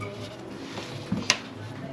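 A plumbing fitting is pushed home onto the pipework during a cold water main replacement, with music playing underneath. A single sharp, bright click sounds at 1.3 s as the fitting seats, preceded by a softer low thump just before it.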